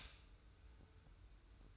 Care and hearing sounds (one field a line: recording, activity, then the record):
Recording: daily activity, microphone in the room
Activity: stop toaster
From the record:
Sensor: 2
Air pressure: 990.6 hPa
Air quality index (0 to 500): 163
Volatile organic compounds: 811 ppm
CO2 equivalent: 5139 ppm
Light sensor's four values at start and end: 25/59/24/24 and 25/59/24/24